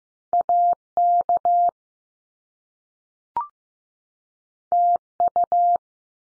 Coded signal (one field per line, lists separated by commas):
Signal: Morse code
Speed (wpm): 15 wpm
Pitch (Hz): 700 Hz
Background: none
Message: A KT U